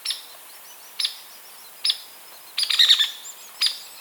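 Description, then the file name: Hairy woodpecker sharp peek notes about once a second, broken by a short rattling burst of several quick notes. "Picoides villosus - Hairy Woodpecker"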